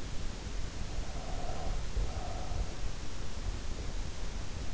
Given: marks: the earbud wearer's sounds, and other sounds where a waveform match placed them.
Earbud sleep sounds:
sounds in sleep by an in-ear microphone; breath
0.69-3.10 s: breath

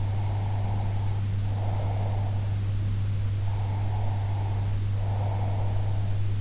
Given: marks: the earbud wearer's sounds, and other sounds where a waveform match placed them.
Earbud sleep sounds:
sounds in sleep by an in-ear microphone; breath
0.04-2.38 s: breath
3.38-6.30 s: breath

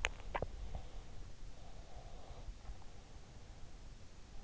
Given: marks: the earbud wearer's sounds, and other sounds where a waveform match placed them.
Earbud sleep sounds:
sounds in sleep by an in-ear microphone; swallowing, breath
0.00-0.90 s: swallowing
1.68-4.04 s: breath

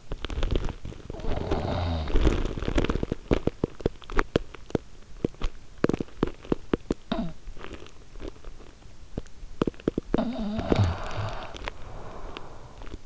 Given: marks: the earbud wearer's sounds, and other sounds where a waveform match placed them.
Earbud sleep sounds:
sounds in sleep by an in-ear microphone; teeth grinding, snoring breath
0.00-11.43 s: teeth grinding
10.00-13.06 s: snoring breath

